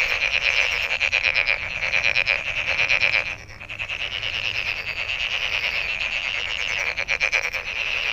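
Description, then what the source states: Frogs croaking in a thick pulsed chorus, briefly dipping quieter around the middle before resuming at full strength. Recorded 23 May 2008.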